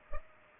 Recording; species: mosquito wingbeat signal from an infrared sensor; Culex pipiens